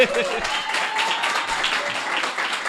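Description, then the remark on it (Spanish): An audience of more than 45 people at the V Encuentro de Radios Libres y Comunitarias de Madrid 2025 claps steadily, a dense, even rattle of applause lasting the whole stretch, with a voice faintly audible underneath at the start. “Bueno, el aplauso para vosotros y vosotras, que sois quienes habéis venido.”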